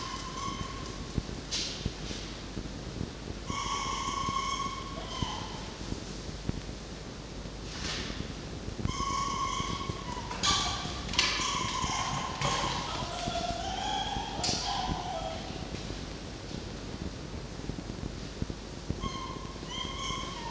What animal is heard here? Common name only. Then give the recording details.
Red Fox. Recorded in captivity. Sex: group. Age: diverse. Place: Zoologisches Institut der HUB, Berlin, DE. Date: 1952-08-10 12:25. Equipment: Elmetra. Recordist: Tembrock, Günter